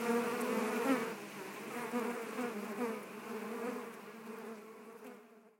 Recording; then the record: honeybee colony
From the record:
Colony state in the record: active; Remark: normal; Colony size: 10,000 bees